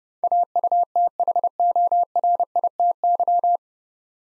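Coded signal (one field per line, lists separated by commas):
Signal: Morse code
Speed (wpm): 30 wpm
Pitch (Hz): 700 Hz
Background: none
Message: AUTHORITY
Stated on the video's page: Morse head-copy drill of 9-letter words at 30 wpm; first three letters spoken, then word sent, spoken, and sent again.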